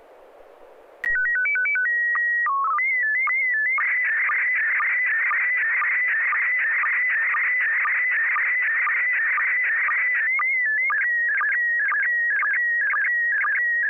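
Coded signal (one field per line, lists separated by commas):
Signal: SSTV (slow-scan television)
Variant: PD 120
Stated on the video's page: SSTV net on an FM repeater on 441.300 MHz in Sacramento, sent with MMSSTV software.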